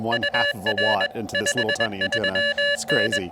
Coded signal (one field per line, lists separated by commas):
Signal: Morse code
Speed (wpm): 21 wpm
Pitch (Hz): 1700 Hz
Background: speech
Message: UR 53N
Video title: Final Bug-Out Month Activation: Pairing a heavy bug with a lightweight QRP field radio kit!